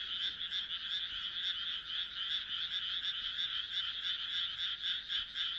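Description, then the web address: Frogs give fast, grating croaks that blend into an unbroken, high rasping chorus with many overlapping pulses. "kaeru kaeru"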